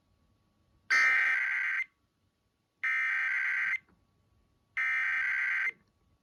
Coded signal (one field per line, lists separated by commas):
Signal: Emergency Alert System (SAME) tones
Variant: header bursts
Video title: [EAS #2512-#2516] Nevada RMTs + KLOS & KLLI Auto RWTs (6/28/23)